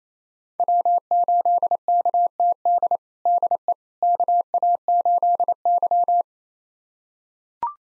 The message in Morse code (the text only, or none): W8KTD DE KA8Y